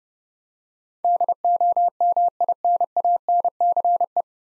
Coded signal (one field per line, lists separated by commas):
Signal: Morse code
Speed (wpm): 30 wpm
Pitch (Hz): 700 Hz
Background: none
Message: DOMINANCE